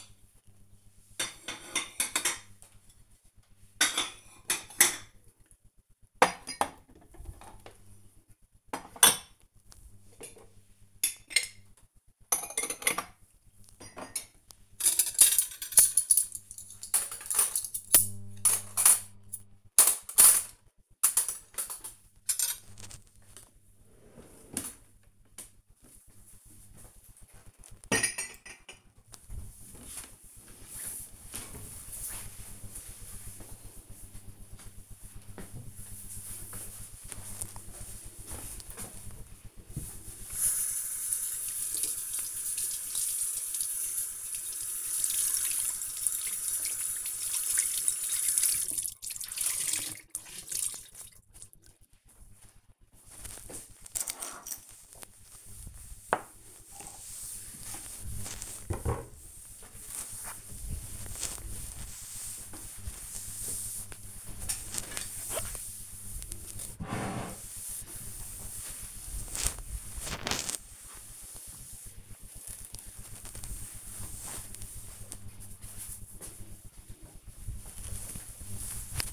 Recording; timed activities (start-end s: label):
household activities, microphone on the right wrist
0.00-28.77 s: putting away the dishes
37.81-74.07 s: cleaning table